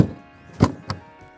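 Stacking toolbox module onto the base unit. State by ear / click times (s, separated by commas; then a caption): seated / 0.6 s, 0.9 s. A plastic ToughBuilt StackTech toolbox module is stacked back onto the base unit below and locks on without effort, just dropped into place. Two sharp latching thunks are heard at 0.6 s and 0.9 s as its latches lock onto the box below. The module is seated.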